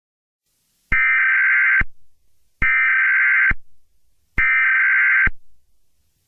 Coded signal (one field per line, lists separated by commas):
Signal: Emergency Alert System (SAME) tones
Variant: header bursts